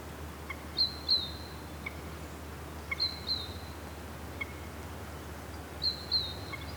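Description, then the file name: Great tit calls: sharp, high paired notes repeated several times, with fainter lower notes between, over a steady background hiss. "Parus major"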